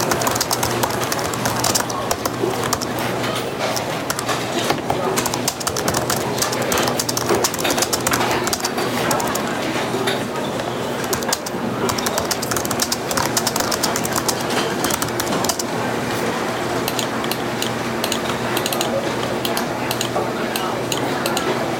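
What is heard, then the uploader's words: A busy café murmurs steadily, voices blending into a soft, constant chatter. Dishes and cups clink and clatter almost continuously, with a low mechanical hum underneath and a few bird-like coos drifting through. The level stays even throughout. Sounds of coffee brewing, dishes clattering, and soft chatter. Cafe sounds.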